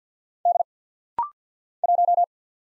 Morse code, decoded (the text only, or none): D 1